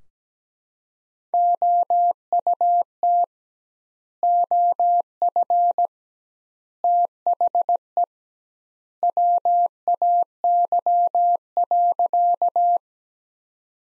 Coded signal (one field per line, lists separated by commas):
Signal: Morse code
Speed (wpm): 17 wpm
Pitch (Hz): 700 Hz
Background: none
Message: OUT OF THE WAY.